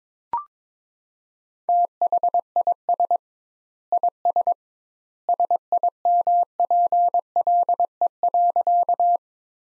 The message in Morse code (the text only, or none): THIS IS SIMPLE.